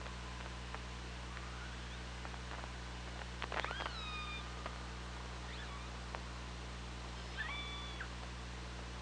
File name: Orca Lab UTLN JASON 20170824 155535 ORCALABDYNI